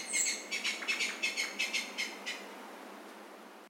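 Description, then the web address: Animal of Yanbaru: animal call: a short run of several pulsed notes with rich harmonics, fading away over about two and a half seconds. Recorded in Yanbaru, Kunigami, Okinawa, on 5 March 2022. "koe yanbaru 220305 kunigami oshiro"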